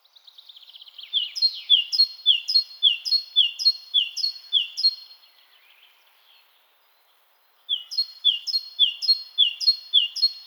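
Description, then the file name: Great tit song: a clear two-note phrase repeated several times, then a pause, and the same see-saw phrase resumes. "Parus major"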